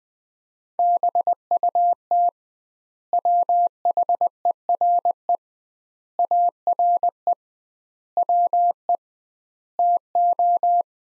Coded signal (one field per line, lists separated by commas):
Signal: Morse code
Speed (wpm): 20 wpm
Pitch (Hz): 700 Hz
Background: none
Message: BUT WHERE ARE WE TO